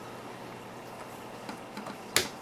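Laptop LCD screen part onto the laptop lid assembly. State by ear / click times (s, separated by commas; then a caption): seated / 2.2 s. A laptop LCD screen part on a Dell Inspiron E1405, either the screen connector or the bezel, is pushed firmly onto the laptop lid assembly while a new screen is installed. A few faint taps at about 1.5 and 1.8 seconds come before a sharp, loud snap at 2.2 seconds, when the part seats.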